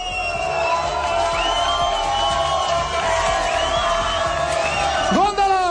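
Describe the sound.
A large crowd cheers with rhythmic clapping, many overlapping shouting and whooping voices forming a steady, loud roar that swells briefly near the end.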